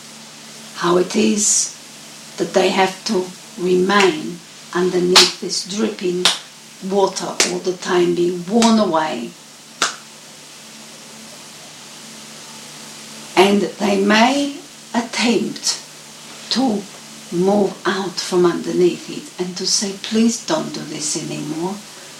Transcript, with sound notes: how it is that they have to remain underneath this dripping water all the time being worn away. (the hands)And they may attempt to move out from underneath it and to say, Please don't do this anymore,